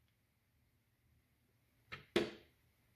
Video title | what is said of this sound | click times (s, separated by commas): [TUTO] Recâblage NERF Stryfe Elite + mod Black Ops | on entend le clac c'est qu'on est pile poil dedans | 2.2 s